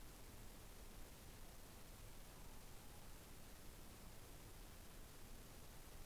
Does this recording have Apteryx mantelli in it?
no